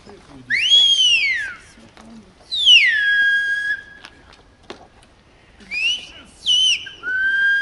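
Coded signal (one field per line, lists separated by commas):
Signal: whistled language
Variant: Aas whistled Béarnese Occitan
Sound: three loud whistled phrases with rising, falling and long held pitches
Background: faint outdoor ambience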